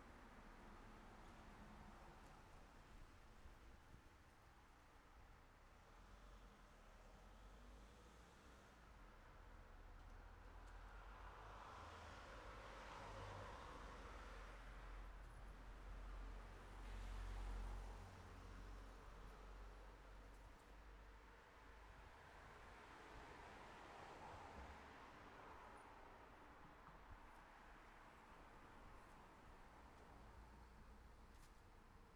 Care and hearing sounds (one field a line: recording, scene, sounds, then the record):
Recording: everyday scene through a hearing-aid microphone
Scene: in traffic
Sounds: traffic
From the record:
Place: city secondary road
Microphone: behind the ear, left, front